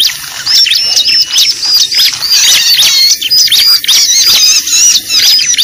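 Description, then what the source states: Lovebird giving a fast run of piercing, twittering squeaks, nearly unbroken throughout. Lure recording (pikat) made for attracting birds.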